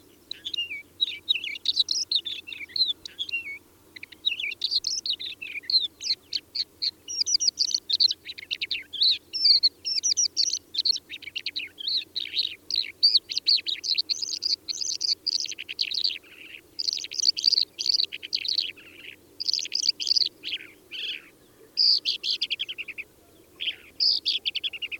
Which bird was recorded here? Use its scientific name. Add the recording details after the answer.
Melanocorypha mongolica. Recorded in the wild. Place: Chudjirt, MN. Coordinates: 47.013, 102.255. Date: 1979-06-06 20:35. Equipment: Nagra III BH, Sennheiser MD 21, parabola. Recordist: Schubert, Michael